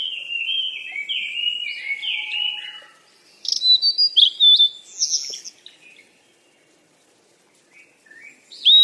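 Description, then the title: Birds twittering: a descending series of chirps at first, then rapid high twitters after a short gap, with a few scattered notes near the end. Birds at play. "鸟儿嬉戏声"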